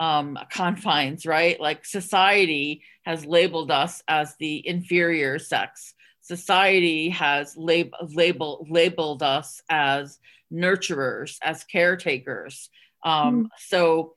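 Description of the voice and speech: An adult woman who stutters speaks at a moderate pitch, mostly fluently, then gets stuck on 'labeled' with repeated part-word attempts, stretched sounds and an 'um' filler before continuing. These repetitions and prolongations are a moment of stuttering in otherwise connected speech.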